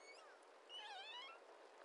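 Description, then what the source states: Pilot whale whistle: a wavering tone that dips and then rises, heard over steady hissing background noise. Call type 55.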